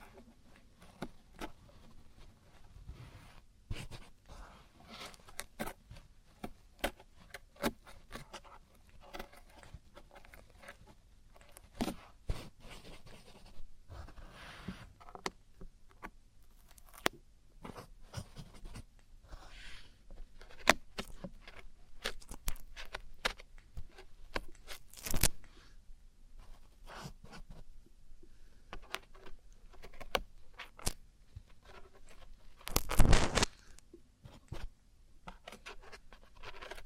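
Traditional Chinese ear cleaning and earwax removal, heard as a dense run of tiny scratches, scrapes and crackles that come in quick irregular bursts. A low steady rumble runs underneath, and a louder cluster of scraping stands out around 33 seconds.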